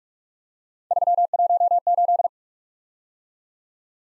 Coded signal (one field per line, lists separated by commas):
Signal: Morse code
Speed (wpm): 44 wpm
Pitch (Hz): 700 Hz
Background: none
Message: 318